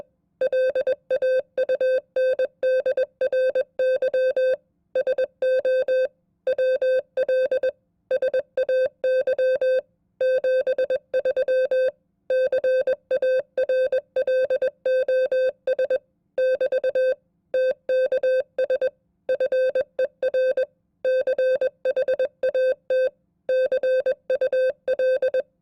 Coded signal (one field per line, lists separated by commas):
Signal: Morse code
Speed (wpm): 21 wpm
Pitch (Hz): 520 Hz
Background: music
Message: LAUNDRY SO WL SAY 73 CARLOS <BT> TKS FER CHAT CUL